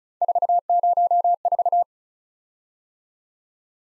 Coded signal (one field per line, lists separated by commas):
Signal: Morse code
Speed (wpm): 36 wpm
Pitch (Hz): 700 Hz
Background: none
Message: 404